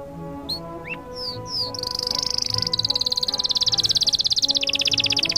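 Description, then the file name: Canary song of scattered rising and falling whistles that build into a long, fast, pulsing high trill, with soft music playing beneath. Canary song combined with music. "suara kenari dan musik"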